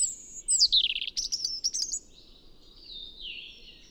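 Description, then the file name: European robin singing a rapid, sweet phrase of high trills and sliding whistles, ending in a fainter drawn-out warble. "Erithacus rubecula"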